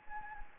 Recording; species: mosquito wingbeat signal from an infrared sensor; Anopheles gambiae